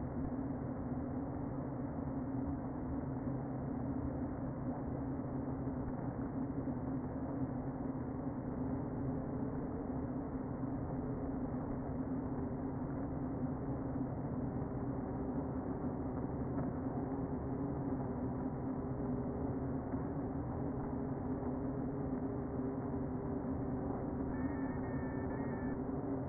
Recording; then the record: honeybee colony, microphone inside the hive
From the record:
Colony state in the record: queen present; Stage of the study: before two queens were removed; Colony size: about 60,000 bees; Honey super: yes